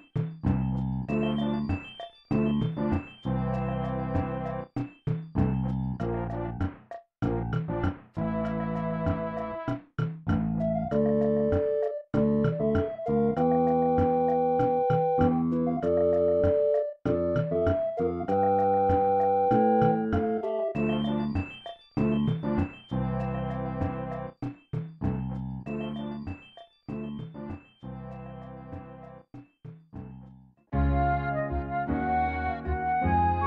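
Soundtrack music plays with full sustained chords that shift every few seconds, broken by brief sudden gaps, and a brighter passage at the end.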